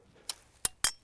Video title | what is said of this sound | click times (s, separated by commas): How to Use a Hi-Lift Style Jack | you hear it click again and that | 0.3 s, 0.6 s, 0.8 s